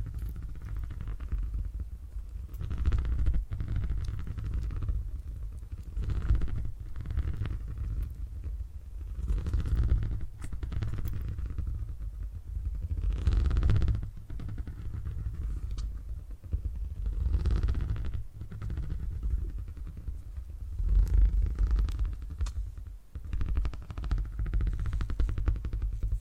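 A deep, steady purring rumble fills the whole stretch, sitting low and thick like a small idling motor. It swells and eases in waves every second or two, with brief scratchy rustles breaking through now and then, around 3, 10, 14 and 23 seconds.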